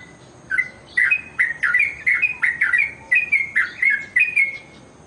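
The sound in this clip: Bird sings a fast string of sharp, sliding chirps.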